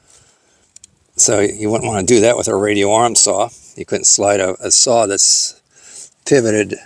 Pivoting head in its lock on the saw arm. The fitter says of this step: now this head here pivots and locks into place